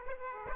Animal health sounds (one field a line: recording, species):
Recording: mosquito wingbeat signal from an infrared sensor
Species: Aedes aegypti